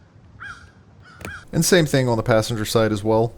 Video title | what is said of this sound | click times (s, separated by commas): How to Replace Honda Prologue Windshield Wipers | It should slide into the arm and then click into place. | 1.2 s